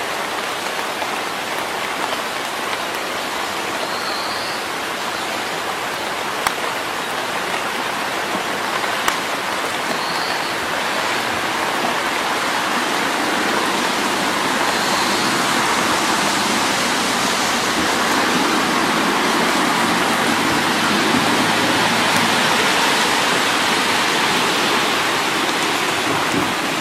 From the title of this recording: Rainy days in the forest in early summer